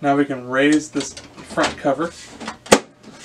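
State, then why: Seated. Someone talks as the plastic front cover of an HP CM1415 color laser printer is raised after the toner tray has been pushed in. A short sliding, drawer-like movement is followed by a sharp, loud click at 2.7 s as the cover latches and locks onto the printer body.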